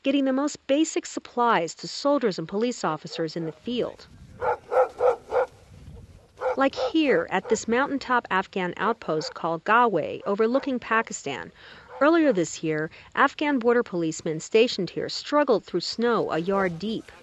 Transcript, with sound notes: getting the most basic supplies to soldiers and police officers in the field. (Soundbite of dog barking) Like here at this mountaintop Afghan outpost called Gaway, overlooking Pakistan. Earlier this year, Afghan border policemen stationed here struggled through snow a yard deep.